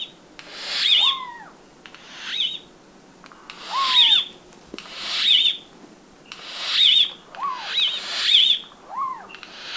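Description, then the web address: Turquoise jay delivering loud, raspy calls in pairs and singles, some ending in an arched whistled slur. Recorded in Ecuador, South America. "S America Birds of Ecuador Turquoise Jay"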